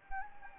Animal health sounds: mosquito wingbeat signal from an infrared sensor; Anopheles gambiae

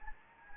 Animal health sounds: mosquito wingbeat signal from an infrared sensor; Anopheles gambiae

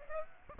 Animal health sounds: mosquito wingbeat signal from an infrared sensor; Aedes aegypti

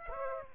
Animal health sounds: mosquito wingbeat signal from an infrared sensor; Aedes aegypti

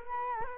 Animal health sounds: mosquito wingbeat signal from an infrared sensor; Culex quinquefasciatus

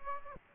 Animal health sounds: mosquito wingbeat signal from an infrared sensor; Aedes aegypti

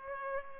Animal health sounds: mosquito wingbeat signal from an infrared sensor; Culex pipiens

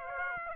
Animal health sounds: mosquito wingbeat signal from an infrared sensor; Aedes aegypti

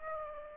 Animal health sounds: mosquito wingbeat signal from an infrared sensor; Aedes aegypti

